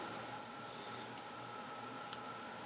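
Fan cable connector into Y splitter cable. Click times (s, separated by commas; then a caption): 1.2 s, 2.1 s. Two plastic fan connectors are pushed one after the other into the female ends of a Y splitter cable, which will go to the motherboard fan connector. Against a steady background hiss and hum, a short, sharp click sounds at 1.2 s and another at 2.1 s. Both connectors snap into place and are seated.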